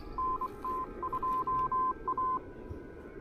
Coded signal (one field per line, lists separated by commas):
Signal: Morse code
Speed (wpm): 24 wpm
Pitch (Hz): 1030 Hz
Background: none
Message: NT2A